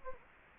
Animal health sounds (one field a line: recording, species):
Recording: mosquito wingbeat signal from an infrared sensor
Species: Anopheles gambiae